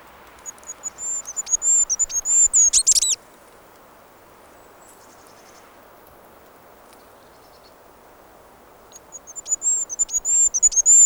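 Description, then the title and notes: Goldcrest song, a high, thin cycling phrase of rapid notes ending in a squeaky flourish, then begun again after a long quiet gap and cut off at the end. Field recording. "Mikä lintu lauloi. Hippiäinen"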